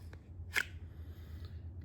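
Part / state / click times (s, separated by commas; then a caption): fishing pliers out of holster sleeve / released / 0.6 s. Fishing pliers are pulled free of their locking plastic holster sleeve, with a sharp plastic click of release at 0.6 s over a steady low hum. Fainter ticks come at 0.1 s and 1.4 s, and the pliers come out of the sheath.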